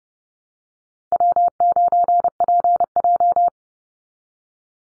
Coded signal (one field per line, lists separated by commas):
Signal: Morse code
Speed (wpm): 30 wpm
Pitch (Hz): 700 Hz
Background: none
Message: W9PJ